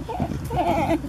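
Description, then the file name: Peccary call, a short harsh nasal grunt rising into a tonal bleat-like note lasting about half a second. "zvuki pekari"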